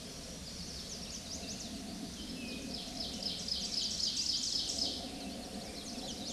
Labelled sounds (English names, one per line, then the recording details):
Ovenbird song
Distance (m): 50 m
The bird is about 10 m above the microphone
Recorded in a Pennsylvania forest on 16 May 2024 at 09:47
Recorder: AudioMoth, point MSD-1342
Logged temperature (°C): 15.5 °C
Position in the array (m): 264 m, 154 m